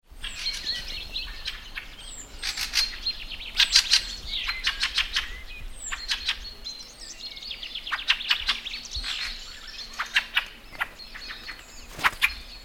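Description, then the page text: Fieldfare song: harsh, squeaky chattering notes and scratchy bursts delivered in an uneven, continuous jumble, with soft background hiss. Spring. "Hallrästas"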